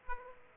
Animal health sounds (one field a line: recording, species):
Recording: mosquito wingbeat signal from an infrared sensor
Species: Aedes aegypti